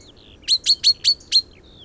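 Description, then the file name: Common chaffinch calls, five sharp, bright notes in quick succession over about a second, with faint thin whistles around them. "Fringilla coelebs"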